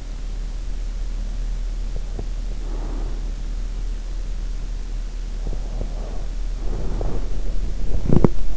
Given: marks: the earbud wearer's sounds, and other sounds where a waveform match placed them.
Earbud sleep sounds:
sounds in sleep by an in-ear microphone; breath, teeth grinding
1.88-3.42 s: breath
1.88-2.45 s: teeth grinding
5.52-7.49 s: breath
7.89-8.56 s: teeth grinding

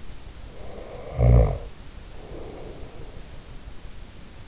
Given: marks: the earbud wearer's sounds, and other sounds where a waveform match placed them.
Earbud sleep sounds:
sounds in sleep by an in-ear microphone; snoring breath
0.51-3.26 s: snoring breath

